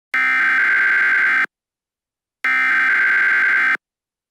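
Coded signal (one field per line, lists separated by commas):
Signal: Emergency Alert System (SAME) tones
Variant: header bursts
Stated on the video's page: Fictional mini EAS scenario carrying valid SAME tones.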